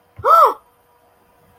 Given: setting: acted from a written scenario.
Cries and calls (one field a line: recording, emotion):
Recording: vocal sound without words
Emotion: negative surprise